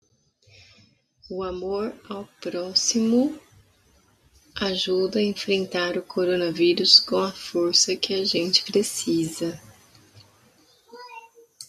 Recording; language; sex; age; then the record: spoken sentence; Brazilian Portuguese; female; 30 to 39 years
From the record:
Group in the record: control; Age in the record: 38 years